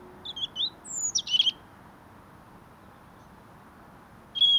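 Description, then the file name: European robin with varied high notes: a wavering whistle, a sharp descending very high note and a buzzy burst, then a further high note after a pause. "Erithacus rubecula"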